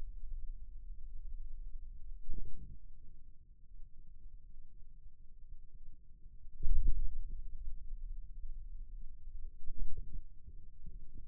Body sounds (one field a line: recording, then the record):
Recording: forearm muscle sounds (acoustic myography)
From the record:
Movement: radial deviation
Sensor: system 2, bracelet of six BSWA MPA416 microphones around the upper forearm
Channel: 1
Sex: male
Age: 22 years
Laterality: right